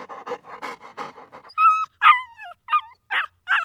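A dog pants in quick rhythmic breaths, then lets out five or so high, wavering whimpers that slide down in pitch, each short and plaintive, with no voices.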